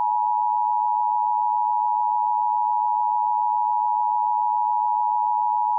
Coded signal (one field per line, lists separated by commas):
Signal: Emergency Alert System (SAME) tones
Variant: 853 and 960 Hz attention tone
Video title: EAS 156-159 - 2 Alerts from Milton + 3 Test Alerts